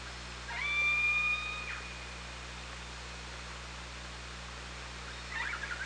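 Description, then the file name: Orca call, a long flat whistled tone lasting about a second with fainter harmonics, over steady underwater hiss and low hum, with a brief noisy burst near the end. Recorded by OrcaLab hydrophone on 24 August 2017 at 16:58. "Orca Lab UTLN JASON 20170824 165834"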